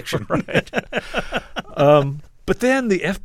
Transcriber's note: laughter